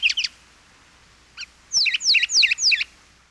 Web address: peterchen. 101 Bird Songs. Brown Towhee